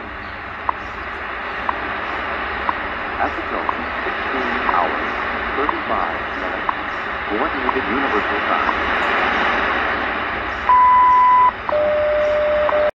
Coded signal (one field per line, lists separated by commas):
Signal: radio time signal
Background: speech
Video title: Tecsun H-501X VS Tecsun PL-990x on WWV 15000 kHz Shortwave W6LVP loop antenna testing